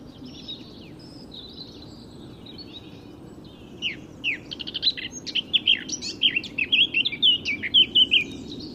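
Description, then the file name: Eurasian blackcap: quiet subdued warbling at first, then a loud, fast phrase of chirps and clear whistles. "Sylvia atricapilla"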